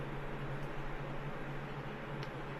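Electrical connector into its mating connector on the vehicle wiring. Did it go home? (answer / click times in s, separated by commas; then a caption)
no / none. Halves of an electrical connector on the freshly crimped wiring of a diesel Samurai are handled before being pushed into their mating connector. A steady broadband hiss with a low hum runs throughout, with no distinct sudden sounds. Nothing has seated or clicked yet.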